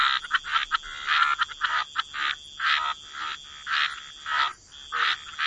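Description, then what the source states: Frog croaks about once a second, harsh buzzy calls with softer pulses between, separated by short quiet gaps. Frog chorus.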